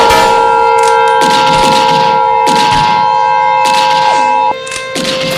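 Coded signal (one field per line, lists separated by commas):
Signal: Emergency Alert System (SAME) tones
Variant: 853 and 960 Hz attention tone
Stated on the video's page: Fictional simulated EAS scenario about radioactive zombies, part two.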